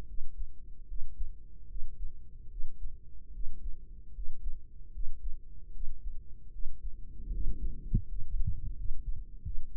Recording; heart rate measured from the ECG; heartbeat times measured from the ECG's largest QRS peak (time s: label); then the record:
heart sounds by microphone in the right ear; 77 bpm
0.03 s: heartbeat
0.83 s: heartbeat
1.64 s: heartbeat
2.46 s: heartbeat
3.29 s: heartbeat
4.10 s: heartbeat
4.89 s: heartbeat
5.69 s: heartbeat
6.48 s: heartbeat
7.27 s: heartbeat
8.03 s: heartbeat
8.72 s: heartbeat
9.40 s: heartbeat
From the record:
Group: healthy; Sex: female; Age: 23 years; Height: 160 cm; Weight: 50.4 kg